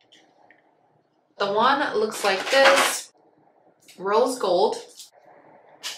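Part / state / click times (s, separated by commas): dermaplaning razor blade head into its handle / not seated / none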